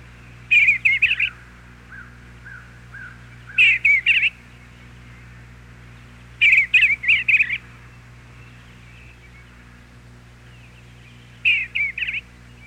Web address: 101 Bird Songs. Eastern Bluebird